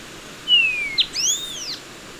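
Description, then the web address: Bronze-green euphonia call: a thin, clear whistle sliding gently downward, then a quick sharp note and ringing arched notes rising and falling. Ecuador. "Natures Songs S America Birds of Ecuador Bronze-Green Euphonia"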